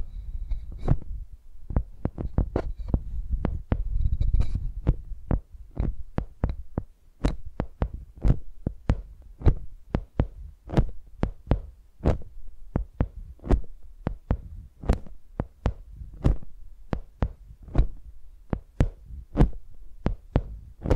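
A microphone is used like a pencil, tapped and knocked against a surface. The first five seconds bring a dense, uneven cluster of hits over a low rumble. After that the taps settle into a steady beat of sharp clicks, about two per second.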